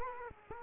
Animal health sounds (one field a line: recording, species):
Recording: mosquito wingbeat signal from an infrared sensor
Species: Culex quinquefasciatus